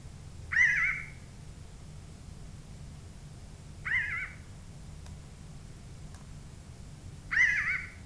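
Pinyon Jay calls: three nasal, wavering, mewing notes spaced a few seconds apart.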